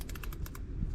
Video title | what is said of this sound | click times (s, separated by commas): How to apply Fertilizer Spikes with a POWER DRILL // Homemade fertilizer Spikes // Greener landscape | hear it clicking? | 0.0 s, 0.1 s, 0.2 s, 0.3 s, 0.5 s